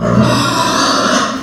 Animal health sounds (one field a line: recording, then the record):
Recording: squeal of a Yucatan mini pig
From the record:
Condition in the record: after surgery on the right vocal fold (resection and tissue-engineered implant)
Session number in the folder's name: 13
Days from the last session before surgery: 113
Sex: female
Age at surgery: 19 weeks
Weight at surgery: 25 kg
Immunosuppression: prednisolone